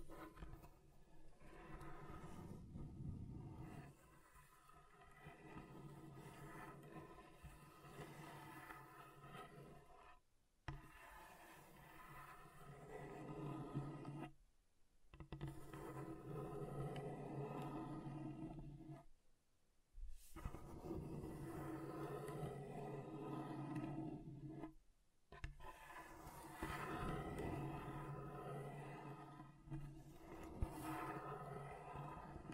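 A table is scratched in long, grinding strokes, each lasting several seconds with a low, rough drone and pitched scraping tones above. Brief silent pauses break the strokes near 10, 15, 20 and 25 seconds, and the texture shifts slightly between passes.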